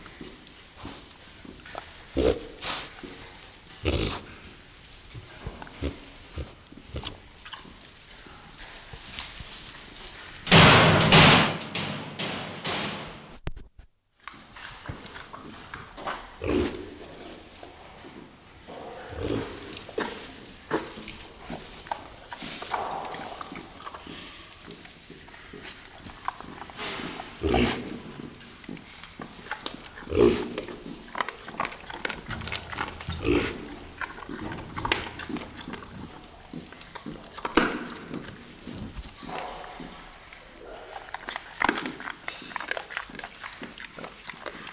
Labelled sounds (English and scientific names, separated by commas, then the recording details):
White-lipped Peccary (Tayassu pecari) call
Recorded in captivity
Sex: diverse
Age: diverse
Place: Zoo Berlin, Berlin, DE
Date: 2002-09-30 17:14
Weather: fair, ca. 16-17°C
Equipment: Nagra SN, Kopie Uher 4000 Report Monitor
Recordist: Tembrock, Günter
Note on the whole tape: Weibchen mit zwei Jungen (geb.: 29.09.2002 / einen Tag alt): Laute der Mutter, der Jungen, dann rhythmische Lautfolge beim Säugen